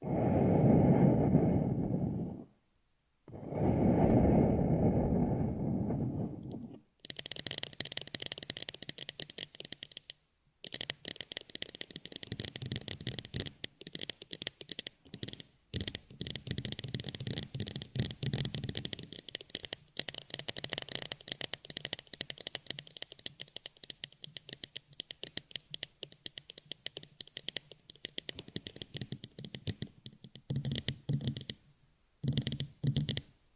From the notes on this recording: Headphone Nail tapping